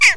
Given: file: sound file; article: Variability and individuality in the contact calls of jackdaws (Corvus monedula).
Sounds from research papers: jackdaw call; harmonic

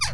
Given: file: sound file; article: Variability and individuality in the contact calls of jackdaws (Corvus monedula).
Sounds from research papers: jackdaw call; harmonic

